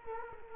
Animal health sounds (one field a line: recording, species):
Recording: mosquito wingbeat signal from an infrared sensor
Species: Culex quinquefasciatus